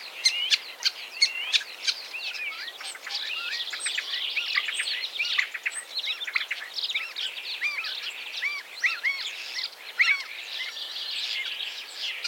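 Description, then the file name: Common Starling singing a busy medley of sharp clicks, upslurred and downslurred whistles and scratchy chatter that runs without a break. "Zvuki ptic Skvorec"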